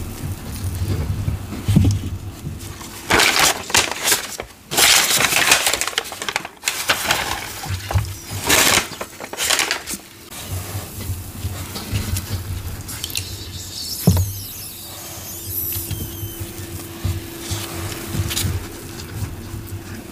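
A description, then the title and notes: Dye is poured over soft gym chalk, with bright bursts of crumbling and fizzing around 3–5, 8–10 and 14 seconds. Between them come softer crackles and trickling. A low steady hum sits underneath throughout. Dying a Big Batch of Gym Chalk Deep Blue. ASMR Pouring Dye Over Soft Gym Chalk.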